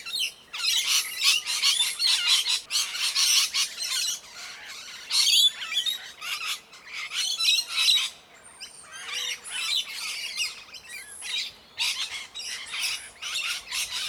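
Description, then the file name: Parrots squawking: a dense flock of harsh, overlapping screeches and chatter, coming in bursts with brief lulls between them. Several parrots in a tree. "oroborosnz parrots-in-tree"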